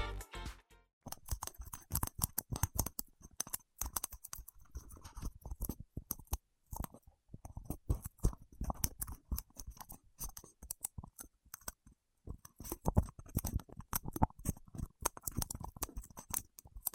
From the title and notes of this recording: ASMR with Wax Fingertips for Sleep (No Talking).